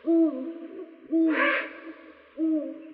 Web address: Bubo bubo